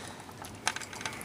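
A plastic Dinobot leg is pushed into the leg socket of a Power Core Combiners Grimstone combiner robot toy, making a short run of light plastic clatter with sharp taps around 0.7, 0.8, 1.1 and 1.2 seconds. Nothing has snapped in or clicked; the leg stays in loosely without locking.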